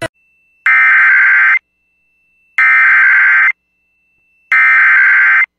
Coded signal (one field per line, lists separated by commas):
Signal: Emergency Alert System (SAME) tones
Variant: header bursts